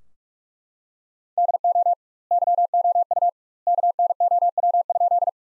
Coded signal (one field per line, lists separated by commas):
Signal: Morse code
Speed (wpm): 44 wpm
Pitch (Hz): 700 Hz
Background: none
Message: DO YOU KNOW?